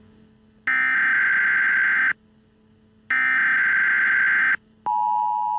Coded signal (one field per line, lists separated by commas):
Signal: Emergency Alert System (SAME) tones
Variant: header bursts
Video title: All types of Emergency Alerts on television and Radio from the Emergency Alert System